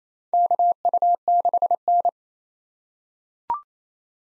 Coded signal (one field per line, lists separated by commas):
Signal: Morse code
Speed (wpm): 28 wpm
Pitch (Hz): 700 Hz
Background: none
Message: KU6N